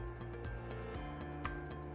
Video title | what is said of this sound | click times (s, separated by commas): Guide to cleaning the PURA FRESCO BY FRANKE | and click it in and wait for the click | 1.4 s